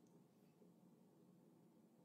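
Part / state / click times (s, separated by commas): single-use lancet against fingertip / not seated / none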